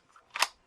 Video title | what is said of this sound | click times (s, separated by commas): Kitting Up 2 Kits | okay there we go now it's locked into place voila | 0.4 s